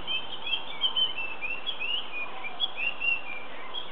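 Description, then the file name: Puff-throated babbler with quick repeated sharp whistled chirps, several per second, against a steady hissing background. Subspecies nandi. "Pellorneumruficeps nandi"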